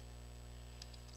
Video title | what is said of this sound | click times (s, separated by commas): SONY CFD-E10 Liv AMFM Radio CD R RW play personal audio system review | you go to close it, you have to push this thing down in until it clicks, and then you close the top, and | 0.8 s, 0.9 s